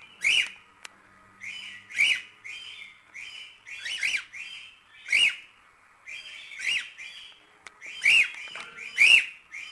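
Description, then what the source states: Cockatiel giving short rising whistled notes roughly every second or so, with soft chirps between the louder calls. Several cockatiels, whistling.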